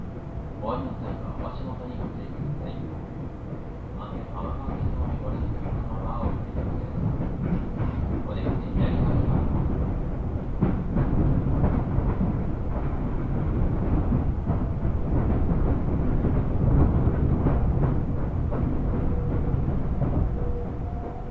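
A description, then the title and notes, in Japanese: A train journey on a Japanese commuter line: a heavy, steady low rumble of the carriage fills the whole clip, growing slightly louder after about six seconds. Short bright chimes or tones ring out early on, and faint voices are mixed into the running noise. 耳で楽しむ鉄道旅 南武線・南武支線・鶴見線。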